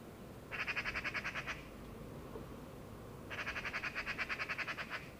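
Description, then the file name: Eurasian magpie giving rattling chatter calls, two bursts of quick, harsh, evenly spaced notes separated by a quiet gap of almost two seconds. "Pica pica"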